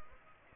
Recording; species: mosquito wingbeat signal from an infrared sensor; Aedes aegypti